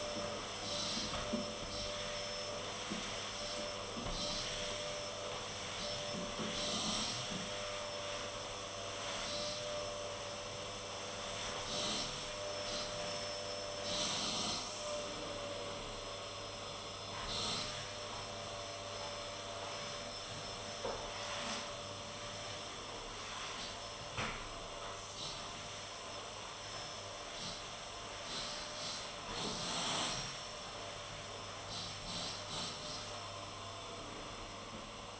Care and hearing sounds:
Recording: daily activity, microphone in the room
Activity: vacuum cleaning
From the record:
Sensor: 4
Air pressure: 989.5 hPa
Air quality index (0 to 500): 216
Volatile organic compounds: 67 ppm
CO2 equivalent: 3493 ppm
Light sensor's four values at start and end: 26/90/33/35 and 26/91/33/35

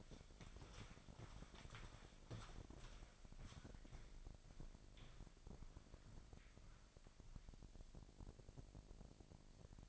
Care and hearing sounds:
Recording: daily activity, microphone in the room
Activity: walk to room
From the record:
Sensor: 5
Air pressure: 999.5 hPa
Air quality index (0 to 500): 216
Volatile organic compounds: 19 ppm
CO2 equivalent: 2650 ppm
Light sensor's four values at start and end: 33/76/31/30 and 35/81/32/31

